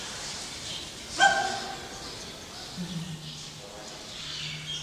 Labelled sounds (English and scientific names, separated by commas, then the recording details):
Southern Screamer (Chauna torquata) call
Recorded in captivity
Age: adult
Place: Zoo Berlin, Berlin, DE
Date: 1987-07-02 11:54
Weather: sunny, 20°C
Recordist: Tembrock, Günter